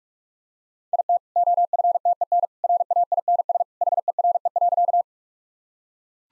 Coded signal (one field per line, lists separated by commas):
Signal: Morse code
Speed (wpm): 46 wpm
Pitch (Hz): 700 Hz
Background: none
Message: IT OFTEN RAINS HERE.